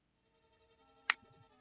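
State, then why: Seated. A plastic building-set piece is worked into position on a crystal Godzilla brick model assembly, with only faint, quiet handling sounds at first. A single loud, sharp snap is heard at 1.1 s as the piece snaps into place and is seated.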